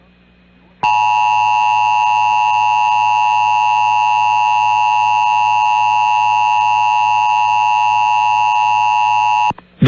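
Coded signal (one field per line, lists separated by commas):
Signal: Emergency Alert System (SAME) tones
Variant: 853 and 960 Hz attention tone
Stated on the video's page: Severe Thunderstorm alerts received on NOAA Weather Radio.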